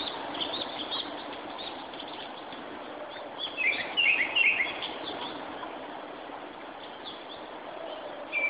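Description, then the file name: Japanese thrush delivering a brief run of quick, sharp whistled notes near four seconds, then a single high note at the end, against a continuous hissing background. "Turdus cardis"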